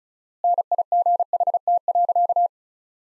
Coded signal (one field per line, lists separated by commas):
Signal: Morse code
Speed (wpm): 36 wpm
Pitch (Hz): 700 Hz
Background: none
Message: NIGHT.